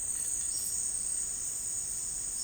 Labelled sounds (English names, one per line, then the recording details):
none
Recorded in dense forest near Puerto Asís, Putumayo, Colombia, on 12 March 2025 at 14:00
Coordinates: 0.485, -76.318
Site G056